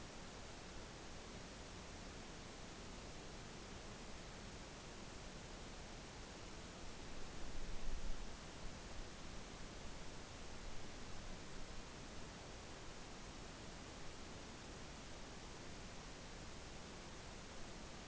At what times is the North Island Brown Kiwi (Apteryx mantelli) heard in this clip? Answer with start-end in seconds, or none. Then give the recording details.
none. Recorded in New Zealand on 14 November 2013. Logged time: 02:19